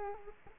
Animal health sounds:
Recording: mosquito wingbeat signal from an infrared sensor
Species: Culex quinquefasciatus

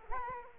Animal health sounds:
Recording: mosquito wingbeat signal from an infrared sensor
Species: Culex quinquefasciatus

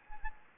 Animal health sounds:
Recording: mosquito wingbeat signal from an infrared sensor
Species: Anopheles gambiae

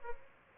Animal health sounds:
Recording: mosquito wingbeat signal from an infrared sensor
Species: Aedes albopictus

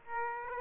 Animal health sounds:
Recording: mosquito wingbeat signal from an infrared sensor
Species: Aedes aegypti

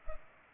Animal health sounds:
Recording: mosquito wingbeat signal from an infrared sensor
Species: Culex pipiens

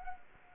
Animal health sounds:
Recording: mosquito wingbeat signal from an infrared sensor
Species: Anopheles gambiae

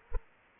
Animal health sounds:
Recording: mosquito wingbeat signal from an infrared sensor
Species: Aedes aegypti

